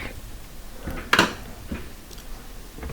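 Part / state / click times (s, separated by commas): replacement fill valve part into the dishwasher housing / seated / 1.1 s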